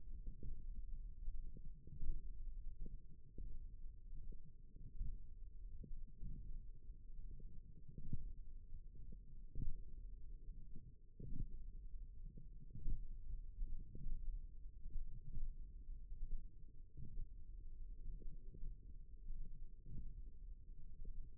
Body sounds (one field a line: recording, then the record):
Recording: forearm muscle sounds (acoustic myography)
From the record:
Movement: hand opening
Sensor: system 1, eight BSWA MPA416 microphones around the upper forearm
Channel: 4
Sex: female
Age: 21 years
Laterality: right